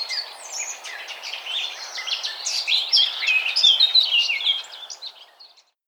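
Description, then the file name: Eurasian blackcap song: a continuous, hurried warble of bright, varied notes that builds in loudness, then trails off into silence near the end. "Sylvia atricapilla"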